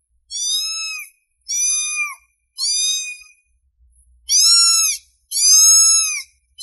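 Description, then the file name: Domestic cat meowing: high, arched, drawn-out mews, about one a second, with short gaps between them. Cute cat meowing. "Tieng meo keu de thuong"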